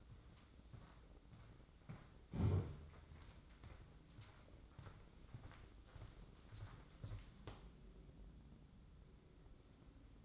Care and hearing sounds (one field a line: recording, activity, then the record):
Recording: daily activity, microphone in the room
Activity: walk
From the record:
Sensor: 3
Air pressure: 995.9 hPa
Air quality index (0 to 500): 248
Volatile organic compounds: 1000 ppm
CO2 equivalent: 6355 ppm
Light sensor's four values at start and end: 45/108/48/52 and 30/71/32/35